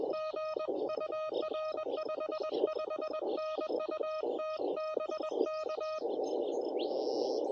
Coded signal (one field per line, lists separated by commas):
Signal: Morse code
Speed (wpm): 21 wpm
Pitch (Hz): 1250 Hz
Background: none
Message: GUR 55N U TBK